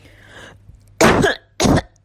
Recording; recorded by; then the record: voluntary cough; messaging app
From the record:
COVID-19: negative